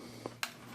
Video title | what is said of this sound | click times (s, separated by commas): WingHome 480ACE Cellular Trail Camera Field Test and Review 24MP | simply press that down with her nail until you hear a little click should be flush | 0.4 s